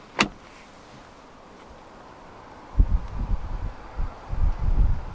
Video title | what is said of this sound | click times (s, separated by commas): 2015 Kia Venga 1.6 123 ISG '3' Start-Up and Full Vehicle Tour | It does lock into place. | 0.2 s